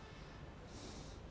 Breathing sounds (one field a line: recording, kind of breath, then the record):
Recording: one breath in and out by a microphone near the nose and mouth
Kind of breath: normal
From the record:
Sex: male